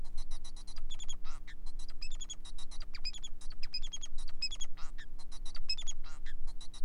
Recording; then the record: song of a male Bengalese finch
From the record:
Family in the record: son of father 4